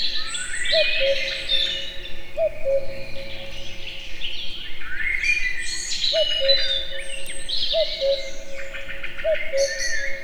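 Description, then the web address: Common cuckoo repeating a mellow descending two-note call five times in two bursts, set against a dense chorus of high songbird trills and chirps. Recorded in nature in a forest full of birdsong at Egerturistaház, Hungary. "kakukk premium sokhanguerdo egerturistahaz"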